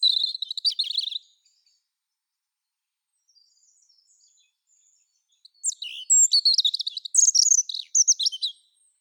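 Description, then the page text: European robin song with a short high trilled phrase, a pause of several seconds, then a longer cascading phrase of clear, rapidly varied notes. "Птицы-целители - Зарянка (Erithacus rubecula)"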